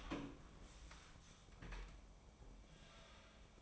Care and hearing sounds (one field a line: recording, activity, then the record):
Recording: daily activity, microphone in the room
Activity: open door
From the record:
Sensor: 1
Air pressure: 1012.4 hPa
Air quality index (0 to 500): 170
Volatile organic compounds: 3 ppm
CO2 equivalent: 1391 ppm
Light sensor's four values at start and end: 491/1147/506/599 and 492/1150/507/601